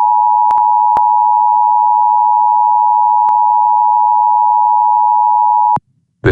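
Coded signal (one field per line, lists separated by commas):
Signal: Emergency Alert System (SAME) tones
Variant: 853 and 960 Hz attention tone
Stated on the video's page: Weekly tests; the station products are recreations credited to another producer.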